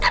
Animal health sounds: pig call; piglet (1 to 25 days)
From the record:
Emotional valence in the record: positive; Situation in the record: reunion after long isolation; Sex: male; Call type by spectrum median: low-frequency call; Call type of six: low-frequency tonal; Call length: 0.11 s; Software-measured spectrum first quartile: 674 Hz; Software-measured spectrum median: 1549 Hz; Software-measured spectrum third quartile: 2622 Hz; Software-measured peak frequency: 972 Hz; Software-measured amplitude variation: 86 dB a second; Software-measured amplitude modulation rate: 4.5 a second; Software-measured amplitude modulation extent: 19.1 dB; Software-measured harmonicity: 2.4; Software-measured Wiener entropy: -1.75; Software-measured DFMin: 688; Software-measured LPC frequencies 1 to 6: 978, 1958, 2667, 3614, 4379, 4636 Hz

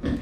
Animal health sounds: pig call; growing-finishing pig (85 days or more)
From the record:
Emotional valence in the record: negative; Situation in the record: barren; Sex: male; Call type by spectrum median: low-frequency call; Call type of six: low-frequency stable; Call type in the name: low-frequency stable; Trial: 4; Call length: 0.23 s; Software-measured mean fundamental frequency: 56 Hz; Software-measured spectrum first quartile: 145 Hz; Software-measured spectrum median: 257 Hz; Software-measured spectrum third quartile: 453 Hz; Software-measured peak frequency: 258 Hz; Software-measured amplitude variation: 150 dB a second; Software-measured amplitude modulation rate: 24.4 a second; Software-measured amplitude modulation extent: 6.2 dB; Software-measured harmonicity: 1.9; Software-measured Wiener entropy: -0.64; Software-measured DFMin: 785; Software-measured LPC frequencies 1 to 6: 305, 1791, 2553, 3386, 4808, 5703 Hz

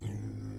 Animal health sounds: pig call; weaner (32 to 43 days)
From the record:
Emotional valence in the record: positive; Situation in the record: positive conditioning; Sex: female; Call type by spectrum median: low-frequency call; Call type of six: low-frequency stable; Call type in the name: low-frequency stable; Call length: 0.59 s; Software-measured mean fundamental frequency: 52 Hz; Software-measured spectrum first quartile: 104 Hz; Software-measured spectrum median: 166 Hz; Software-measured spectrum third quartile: 378 Hz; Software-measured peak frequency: 106 Hz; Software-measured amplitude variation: 118 dB a second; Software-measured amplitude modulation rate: 32.3 a second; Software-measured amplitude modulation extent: 3.6 dB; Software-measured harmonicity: 4.8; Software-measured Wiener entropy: -0.01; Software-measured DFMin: 953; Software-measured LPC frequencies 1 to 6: 2007, 3193, 4004, 5147, 5885, 7746 Hz

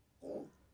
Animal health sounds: pig call; piglet (1 to 25 days)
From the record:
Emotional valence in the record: negative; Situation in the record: restrain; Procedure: back test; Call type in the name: low-frequency call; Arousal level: low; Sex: male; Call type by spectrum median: low-frequency call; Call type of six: low-frequency stable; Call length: 0.74 s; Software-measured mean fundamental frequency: 50 Hz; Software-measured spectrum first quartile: 321 Hz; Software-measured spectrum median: 455 Hz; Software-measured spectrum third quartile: 594 Hz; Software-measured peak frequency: 407 Hz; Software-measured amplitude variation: 168 dB a second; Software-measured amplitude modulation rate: 25.7 a second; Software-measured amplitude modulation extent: 6.5 dB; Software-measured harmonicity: 1.6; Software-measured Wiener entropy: 0.49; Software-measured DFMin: 894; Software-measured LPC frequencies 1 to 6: 531, 2665, 3600, 4835, 6762, 8573 Hz

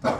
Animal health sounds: pig call; growing-finishing pig (85 days or more)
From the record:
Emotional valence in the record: positive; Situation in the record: run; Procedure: transit

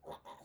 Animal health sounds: pig call; piglet (1 to 25 days)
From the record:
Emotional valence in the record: negative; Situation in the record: restrain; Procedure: back test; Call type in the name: low-frequency call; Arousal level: maximum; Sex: male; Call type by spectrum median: low-frequency call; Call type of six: low-frequency tonal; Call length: 0.44 s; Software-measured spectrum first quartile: 524 Hz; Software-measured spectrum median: 836 Hz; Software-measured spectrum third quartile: 1331 Hz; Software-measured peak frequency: 534 Hz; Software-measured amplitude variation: 205 dB a second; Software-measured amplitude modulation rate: 12.4 a second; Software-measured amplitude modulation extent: 16.5 dB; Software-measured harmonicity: 1.6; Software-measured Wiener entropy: -0.54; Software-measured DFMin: 1010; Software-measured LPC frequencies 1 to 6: 618, 971, 1935, 3624, 6020, 7087 Hz

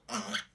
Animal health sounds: pig call; piglet (1 to 25 days)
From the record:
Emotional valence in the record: negative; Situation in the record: restrain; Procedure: back test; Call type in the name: low-frequency call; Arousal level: medium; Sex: female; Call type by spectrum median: low-frequency call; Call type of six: mixed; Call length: 0.55 s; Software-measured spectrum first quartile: 921 Hz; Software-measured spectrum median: 2063 Hz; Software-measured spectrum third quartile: 4209 Hz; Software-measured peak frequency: 221 Hz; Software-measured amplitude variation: 188 dB a second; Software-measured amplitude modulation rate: 18.2 a second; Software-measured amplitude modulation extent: 10.4 dB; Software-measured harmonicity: 2.1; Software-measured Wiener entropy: -1.46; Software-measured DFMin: 855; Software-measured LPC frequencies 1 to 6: 1390, 1894, 3250, 4466, 5372, 6079 Hz

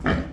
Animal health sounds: pig call; growing-finishing pig (85 days or more)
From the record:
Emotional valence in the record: negative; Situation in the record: barren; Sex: female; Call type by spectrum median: low-frequency call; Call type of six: low-frequency tonal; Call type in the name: low-frequency stable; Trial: 1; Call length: 0.33 s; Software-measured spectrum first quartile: 189 Hz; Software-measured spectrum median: 483 Hz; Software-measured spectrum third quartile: 1322 Hz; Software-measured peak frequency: 174 Hz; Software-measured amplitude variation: 140 dB a second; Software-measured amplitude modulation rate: 21.5 a second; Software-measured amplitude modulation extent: 6.5 dB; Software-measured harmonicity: 0.9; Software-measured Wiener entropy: -1.69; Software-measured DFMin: 951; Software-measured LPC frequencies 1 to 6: 383, 1228, 1710, 3093, 3810, 4970 Hz

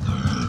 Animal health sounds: pig call; growing-finishing pig (85 days or more)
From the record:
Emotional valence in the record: positive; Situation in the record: run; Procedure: transit

